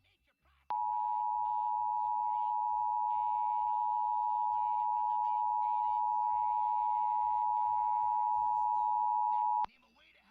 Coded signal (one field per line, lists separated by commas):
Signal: Emergency Alert System (SAME) tones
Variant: 853 and 960 Hz attention tone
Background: speech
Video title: PBS Kids Sign Off With EAS (2023 Maine Public)